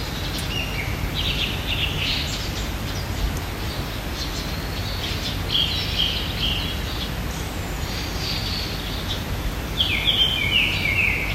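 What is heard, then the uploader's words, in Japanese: Birds sing in a late spring setting, their bright phrases standing out over a steady low rumble of outdoor noise. Song phrases come every second or two, with a clearer burst near the end. 八ヶ岳〜遅い春の鳥たちのうた。バルコニーから3分間録音してみました。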